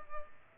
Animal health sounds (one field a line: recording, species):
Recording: mosquito wingbeat signal from an infrared sensor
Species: Culex pipiens